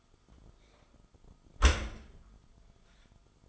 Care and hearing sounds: daily activity, microphone in the room; close dishwasher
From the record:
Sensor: 5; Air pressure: 1004.7 hPa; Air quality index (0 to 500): 92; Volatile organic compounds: 2 ppm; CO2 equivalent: 1112 ppm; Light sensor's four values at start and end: 33/76/31/30 and 33/76/31/30

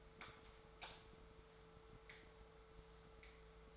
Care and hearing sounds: daily activity, microphone in the room; light off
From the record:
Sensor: 3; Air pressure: 1014.6 hPa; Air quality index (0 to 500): 184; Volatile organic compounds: 20 ppm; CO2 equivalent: 2691 ppm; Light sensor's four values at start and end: 17/44/18/18 and 14/36/15/15

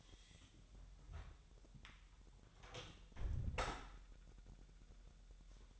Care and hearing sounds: daily activity, microphone in the room; close door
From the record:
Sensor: 3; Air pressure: 1001.2 hPa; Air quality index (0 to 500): 249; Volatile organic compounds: 176 ppm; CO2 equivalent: 4130 ppm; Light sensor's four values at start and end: 12/29/12/12 and 12/29/12/12

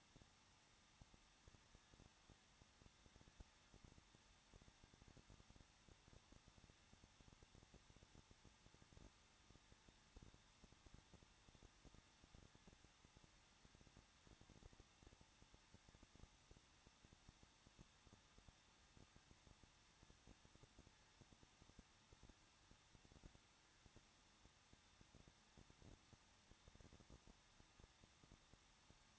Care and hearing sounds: daily activity, microphone in the room; no activity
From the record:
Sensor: 3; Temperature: 21.2 degrees Celsius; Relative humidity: 36.3%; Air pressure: 1006.3 hPa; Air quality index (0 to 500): 221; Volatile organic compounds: 40 ppm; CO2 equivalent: 3147 ppm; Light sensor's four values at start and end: 2/3/2/2 and 2/3/2/2

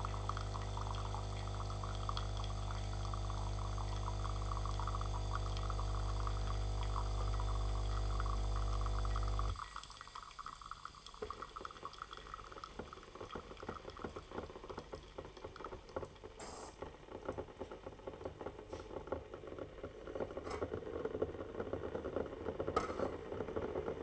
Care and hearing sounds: daily activity, microphone in the room; make coffee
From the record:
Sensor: 4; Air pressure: 995.9 hPa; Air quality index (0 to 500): 65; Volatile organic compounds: 2 ppm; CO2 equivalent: 1175 ppm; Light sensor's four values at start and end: 11/27/10/10 and 7/19/7/7

